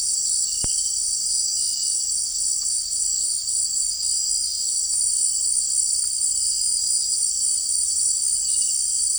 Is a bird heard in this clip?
no